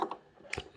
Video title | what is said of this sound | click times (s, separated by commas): How to use a sewing machine( Step by step guide for beginners) #sewingmachine #sewing #wearlala | So once you hear that click sound, it means you fix the shuttle correctly. | 0.5 s